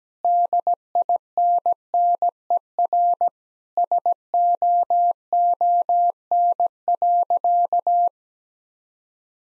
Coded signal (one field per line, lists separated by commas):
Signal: Morse code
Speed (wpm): 17 wpm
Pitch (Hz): 700 Hz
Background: none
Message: DINNER SOON.